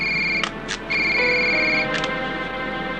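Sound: telephone ringing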